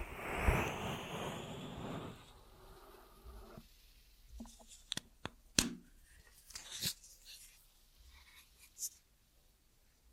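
Ear massage triggers begin with a dense, rushing rub for the first two seconds, then thin out. After that come scattered short scratches and sharp taps, with clusters around five to seven seconds and a final tap near nine seconds, over a quiet background.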